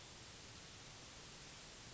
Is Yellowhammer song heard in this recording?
no